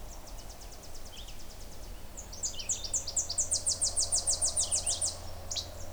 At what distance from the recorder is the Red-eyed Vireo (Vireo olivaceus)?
about 35 m